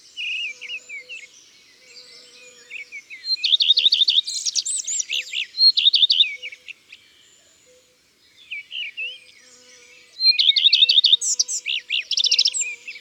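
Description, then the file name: Common redstart song phrases, each a series of ringing repeated notes running into varied twittering, given twice loudly with quieter snatches between. Countryside setting. "Rougequeue a front blanc - Chants d'oiseaux dans la campagne"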